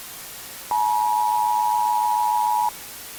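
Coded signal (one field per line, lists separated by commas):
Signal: Emergency Alert System (SAME) tones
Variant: 853 and 960 Hz attention tone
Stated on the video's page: Simulated EAS scenario of a 2032 asteroid impact, with attack warnings and evacuation orders.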